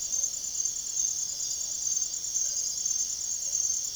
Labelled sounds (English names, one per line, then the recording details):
none
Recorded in secondary vegetation near Puerto Asís, Putumayo, Colombia, on 22 June 2025 at 00:00
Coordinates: 0.489, -76.322
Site G021